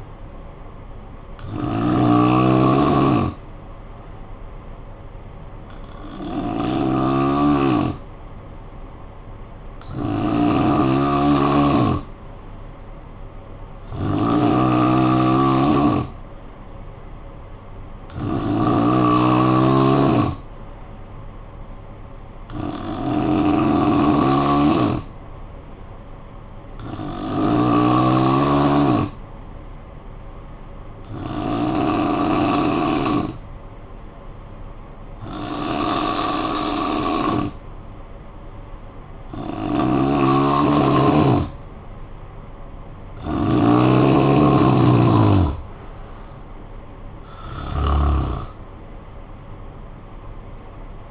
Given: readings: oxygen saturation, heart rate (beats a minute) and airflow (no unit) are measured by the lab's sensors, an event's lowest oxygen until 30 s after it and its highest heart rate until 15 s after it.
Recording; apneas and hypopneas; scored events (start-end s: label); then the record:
breathing in sleep by a smartphone at the bedside; 1
12.00-40.80 s: hypopnea (N3, oxygen 93% highest, then 85% lowest, heart rate 54 at the start, 76 highest)
From the record:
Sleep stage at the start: N3 (deep sleep); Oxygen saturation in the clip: 88 to 93%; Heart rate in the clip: 53 to 76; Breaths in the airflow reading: 12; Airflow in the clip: -11.6 to 7.9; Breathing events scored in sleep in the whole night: 445 in 7.6 hours asleep